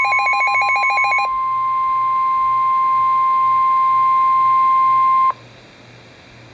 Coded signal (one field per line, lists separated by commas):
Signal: Emergency Alert System (SAME) tones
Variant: 1050 Hz attention tone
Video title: Real NOAA Weather Radio EAS Alert #103